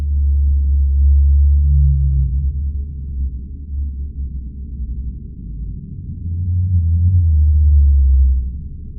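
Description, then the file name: Blue whale FM calls: deep tonal moans, one early and another after a few seconds, each slightly bending in pitch, over constant low background rumble. Frequency-modulated (FM) calls of blue whales. "blue whale fm calls brian miller australian antarctic division"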